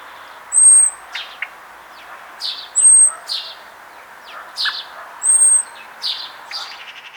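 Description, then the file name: Common blackbird calls: a thin, very high drawn-out whistle given three times, mixed with sharp, abrupt clicks and chips in a quiet setting. "Turdus merula"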